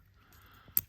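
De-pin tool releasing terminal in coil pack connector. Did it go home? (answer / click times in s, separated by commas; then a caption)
released / 0.8 s. A de-pinning tool is pushed into an old VW coil pack connector, being replaced to fix random misfires, to push out its locking tabs. Over a low background hum, one sharp, bright click sounds at 0.8 s as the terminal lock releases.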